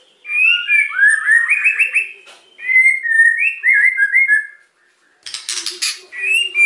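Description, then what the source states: White-rumped shama song: fluty rising and falling whistles in two bursts, then a harsh buzzy rasp followed by more whistles. Lure recording (pancingan) meant to provoke a response from other birds; the bird is described as singing actively (gacor).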